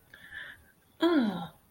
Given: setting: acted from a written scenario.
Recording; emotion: vocal sound without words; ecstasy